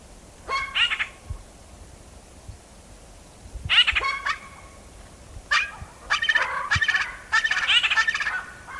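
Tibetan eared pheasant calling in harsh, raucous bursts: a brief pair at the start, another after a pause, then a longer rattling series toward the end.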